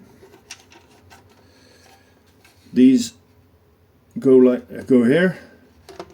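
A small 3D-printed plastic corner piece is handled at a corner of the display base storage kit for a Magnificent Mecha MM-01 Optimus Prime upgrade kit, with light plastic taps and knocks around 0.5, 0.7, 2.5, 5.9 and 6.0 seconds while someone talks. The piece has not been pushed home yet, and nothing has clicked or seated by the end of the clip.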